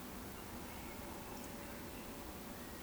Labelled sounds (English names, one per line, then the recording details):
Eurasian Woodcock whistle
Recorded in Baden-Württemberg, Germany, on 15 June 2020 at 19:28 UTC
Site 14569, 102 m above sea level